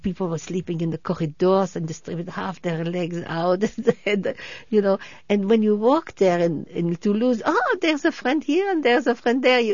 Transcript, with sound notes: People were sleeping in the corridors and distribute half their legs out. ( she laughs ) You know? And when you walked there in Toulouse, "Ah, there's a friend here," and, "There's a friend there."